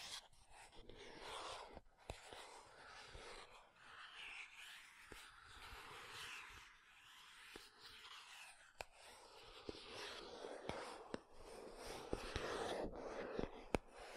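Makeup tapping and scratching: a steady, dense bed of fine, bright scratchy rustling runs throughout, swelling and easing slightly. Sharp taps cut through at irregular moments, roughly every second or two, clustering more often in the last few seconds.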